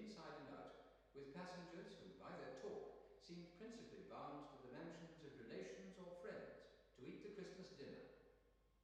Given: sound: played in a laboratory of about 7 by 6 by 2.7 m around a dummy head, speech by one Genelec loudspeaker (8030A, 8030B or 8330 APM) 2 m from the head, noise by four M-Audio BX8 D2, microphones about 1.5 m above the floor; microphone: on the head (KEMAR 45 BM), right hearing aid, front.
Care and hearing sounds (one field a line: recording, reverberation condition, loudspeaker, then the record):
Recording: male speech in English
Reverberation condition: high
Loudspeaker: 30 degrees to the left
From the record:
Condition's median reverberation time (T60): about 1300 ms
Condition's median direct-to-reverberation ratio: about -4.0 dB